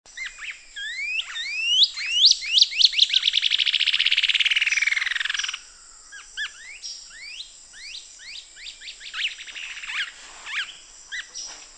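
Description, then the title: Cinereous antshrike calling: sharp rising notes build into a fast, dense chattering rattle lasting about three seconds, then scattered upslurred whistles over a constant high drone. Subspecies glaucus. "LuckyPassaro Completos2Sama. Cinereous Antshrike (Thamnomanes caesius glaucus)"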